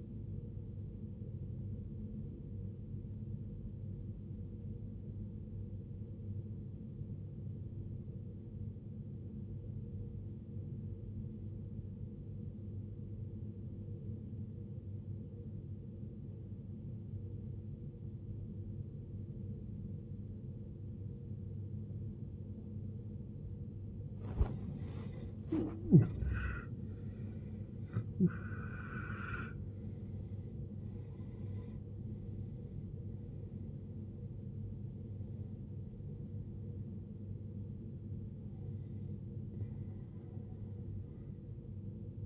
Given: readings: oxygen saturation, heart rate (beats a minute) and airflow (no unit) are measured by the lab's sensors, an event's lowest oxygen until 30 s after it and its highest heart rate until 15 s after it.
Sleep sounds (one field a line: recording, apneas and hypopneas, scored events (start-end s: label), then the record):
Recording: breathing in sleep by a smartphone at the bedside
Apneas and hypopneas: 1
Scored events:
5.00-25.30 s: obstructive apnea (N1, oxygen 93% highest, then 82% lowest, heart rate 52 at the start, 78 highest)
9.00-39.00 s: new sleep stage, N2 (light sleep)
39.00-42.26 s: new sleep stage, N1 (lightest sleep)
From the record:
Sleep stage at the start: N1 (lightest sleep)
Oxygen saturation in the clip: 80 to 93%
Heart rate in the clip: 52 to 78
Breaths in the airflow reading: 6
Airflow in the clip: -15.4 to 17.6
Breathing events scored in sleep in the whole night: 389 in 6.3 hours asleep